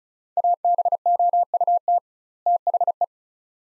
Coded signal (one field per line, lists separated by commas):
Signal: Morse code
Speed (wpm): 34 wpm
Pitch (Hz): 700 Hz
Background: none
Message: ABOUT THE